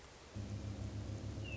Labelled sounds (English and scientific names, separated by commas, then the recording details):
Hermit Thrush (Catharus guttatus)
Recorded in Sonoma County, California